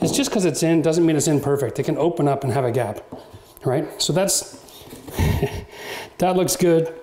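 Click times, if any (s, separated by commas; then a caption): none. A click-lock laminate or vinyl floor plank is being handled against the adjoining plank in the previous row during the first few rows of flooring while someone talks. Soft handling noise is heard between the speech, and the plank has not yet seated or clicked in by the end of the clip.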